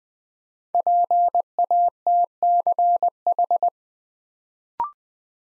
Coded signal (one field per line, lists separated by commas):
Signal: Morse code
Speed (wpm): 20 wpm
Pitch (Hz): 700 Hz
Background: none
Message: PATCH